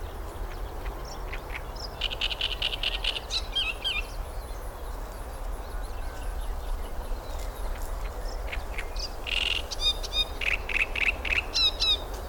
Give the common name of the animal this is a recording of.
Great Reed Warbler